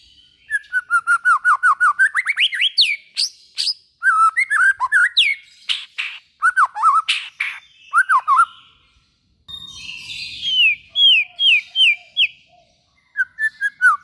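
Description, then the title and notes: White-rumped shama song: rich whistled phrases, a rapid run of falling notes climbing in pitch, then varied loud fluty notes and a later series of clear repeated whistles. Used as a lure for trapping. "Pikat Murai Batu. Burung Murai Batu"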